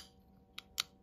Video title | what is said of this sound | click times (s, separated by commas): Oz Machine Company Roosevelt Overview | and then goes to close so you can get the extra little click | 0.6 s, 0.8 s